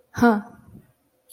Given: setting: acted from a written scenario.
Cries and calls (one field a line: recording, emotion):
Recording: vocal sound without words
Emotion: confusion